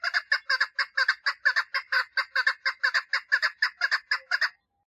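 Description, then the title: Partridge giving a quick, regular string of rough clucking notes for about four and a half seconds. "Perdiz Cantando"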